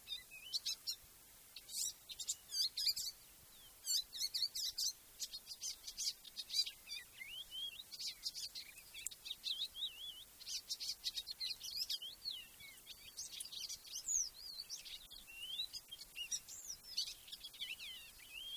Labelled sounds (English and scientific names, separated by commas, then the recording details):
Icterine Warbler (Hippolais icterina) song
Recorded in the wild
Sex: male
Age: adult
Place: Erlangen (Neuweiher), Bayern, DE
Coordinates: 49.6056, 10.9581
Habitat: pond
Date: 1966-05-12
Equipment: Original, Vollspur, Parabolspiegel Grampian
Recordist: Tretzel, Erwin